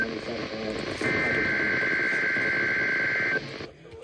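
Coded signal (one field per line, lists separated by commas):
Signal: Emergency Alert System (SAME) tones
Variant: header bursts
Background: speech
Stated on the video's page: Required Weekly Test of the Emergency Alert System.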